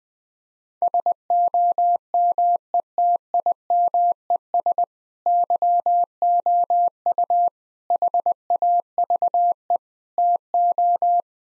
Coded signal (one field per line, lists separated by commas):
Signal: Morse code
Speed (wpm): 20 wpm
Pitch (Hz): 700 Hz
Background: none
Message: SOMETIMES YOU HAVE TO